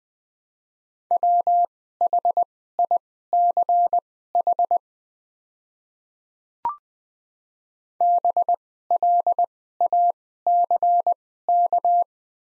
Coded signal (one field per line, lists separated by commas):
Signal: Morse code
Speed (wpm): 20 wpm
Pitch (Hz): 700 Hz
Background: none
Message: WHICH BLACK